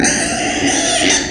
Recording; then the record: squeal of a Yucatan mini pig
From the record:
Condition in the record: before surgery on the right vocal fold (resection and tissue-engineered implant); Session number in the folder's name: 3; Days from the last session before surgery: 0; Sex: female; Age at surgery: 19 weeks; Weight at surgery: 25 kg